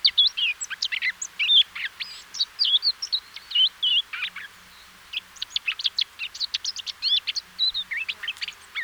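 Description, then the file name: Eurasian blackcap giving rapid, jumbled warbled notes with some clearer whistled tones, a short pause near the middle before the twittering continues. "Sylvia atricapilla"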